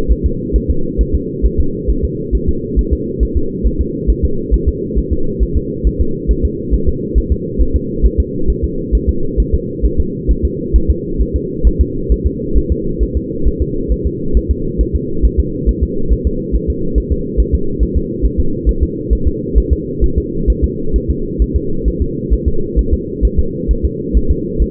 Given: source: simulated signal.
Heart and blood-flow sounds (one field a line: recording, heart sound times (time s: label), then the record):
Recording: fetal heart sounds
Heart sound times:
0.12 s: S1
0.26 s: S2
0.56 s: S1
0.71 s: S2
1.01 s: S1
1.15 s: S2
1.46 s: S1
1.60 s: S2
1.90 s: S1
2.05 s: S2
2.35 s: S1
2.49 s: S2
2.79 s: S1
2.93 s: S2
3.23 s: S1
3.37 s: S2
3.67 s: S1
3.81 s: S2
4.10 s: S1
4.25 s: S2
4.54 s: S1
4.69 s: S2
4.98 s: S1
5.13 s: S2
5.43 s: S1
5.57 s: S2
5.87 s: S1
6.01 s: S2
6.31 s: S1
6.45 s: S2
6.74 s: S1
6.89 s: S2
7.18 s: S1
7.32 s: S2
7.62 s: S1
7.76 s: S2
8.06 s: S1
8.20 s: S2
8.50 s: S1
8.64 s: S2
8.95 s: S1
9.09 s: S2
9.40 s: S1
9.55 s: S2
9.86 s: S1
10.00 s: S2
10.31 s: S1
10.45 s: S2
10.76 s: S1
10.90 s: S2
11.22 s: S1
11.36 s: S2
11.67 s: S1
11.81 s: S2
12.12 s: S1
12.27 s: S2
12.58 s: S1
12.72 s: S2
13.03 s: S1
13.17 s: S2
13.48 s: S1
13.62 s: S2
13.92 s: S1
14.06 s: S2
14.37 s: S1
14.51 s: S2
14.81 s: S1
14.96 s: S2
15.25 s: S1
15.40 s: S2
15.69 s: S1
15.83 s: S2
16.12 s: S1
16.27 s: S2
16.55 s: S1
16.70 s: S2
16.98 s: S1
17.12 s: S2
17.40 s: S1
17.55 s: S2
17.83 s: S1
17.97 s: S2
18.25 s: S1
18.40 s: S2
18.69 s: S1
18.83 s: S2
19.13 s: S1
19.27 s: S2
19.58 s: S1
19.73 s: S2
20.04 s: S1
20.18 s: S2
20.50 s: S1
20.64 s: S2
20.96 s: S1
21.10 s: S2
21.42 s: S1
21.56 s: S2
21.88 s: S1
22.02 s: S2
22.34 s: S1
22.48 s: S2
22.79 s: S1
22.94 s: S2
23.25 s: S1
23.39 s: S2
23.71 s: S1
23.85 s: S2
24.17 s: S1
24.31 s: S2
24.62 s: S1
From the record:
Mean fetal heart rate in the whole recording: 135 bpm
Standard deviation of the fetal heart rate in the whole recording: 3 bpm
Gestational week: 34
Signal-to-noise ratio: -8.1 dB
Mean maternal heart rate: 72 bpm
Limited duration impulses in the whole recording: absent